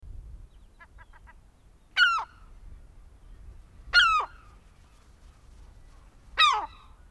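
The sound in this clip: Bird calls: three sharp, steeply descending squawks about two seconds apart, with a brief series of soft ticks early on and low rumbling background.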